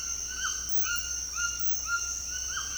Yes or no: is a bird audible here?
yes